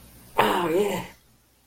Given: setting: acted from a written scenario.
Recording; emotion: vocal sound without words; triumph